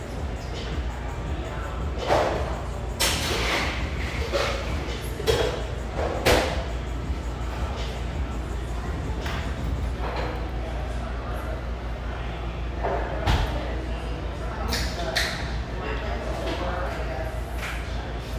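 Café background noise with a steady bed of low rumble and indistinct chatter running throughout. Short bright clinks and knocks, like cups, dishes or cutlery, pop out every second or two, with sharper ones near 2, 6 and 13 seconds.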